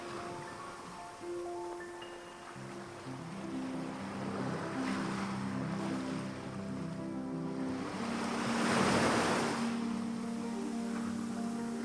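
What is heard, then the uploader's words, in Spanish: Ocean waves wash in beneath soft, calm music, with slow sustained tones holding through low and middle pitches. The surf swells gradually, building to a fuller hiss around nine seconds before easing back, while the gentle melody keeps gliding over it. OLAS DEL OCÉANO y MÚSICA Relajante. Los sonidos relajantes del océano junto con una música suave y tranquila crean un ambiente ideal.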